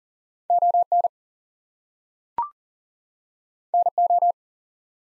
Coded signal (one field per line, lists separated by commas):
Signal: Morse code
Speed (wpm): 40 wpm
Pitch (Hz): 700 Hz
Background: none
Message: ON NO